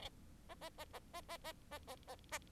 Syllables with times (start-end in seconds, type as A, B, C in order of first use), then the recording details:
0.49-0.55 A, 0.61-0.69 A, 0.78-0.85 A, 0.93-0.99 A, 1.13-1.21 A, 1.28-1.37 A, 1.44-1.52 A, 1.71-1.79 A, 1.88-1.95 A, 2.07-2.15 A, 2.31-2.38 A. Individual Bird4